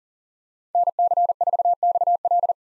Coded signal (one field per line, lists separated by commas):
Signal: Morse code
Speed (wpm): 37 wpm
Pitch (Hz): 700 Hz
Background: none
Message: NC4XL